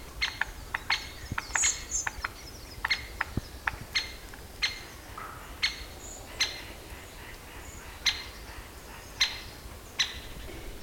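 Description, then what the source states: Great Spotted Woodpecker calls: sharp short notes repeated irregularly throughout, with a few high thin chirps. Woodpeckers squabbling over winter territory borders in a home garden with about six woodpecker territories; Sunday, first thaw above zero in over a month, early spring, southern coast of Finland.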